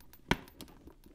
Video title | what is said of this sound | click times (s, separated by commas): Sac de Jour (small) by Yves Saint Laurent Review - A luxury starter-bag | you hear the click | 0.3 s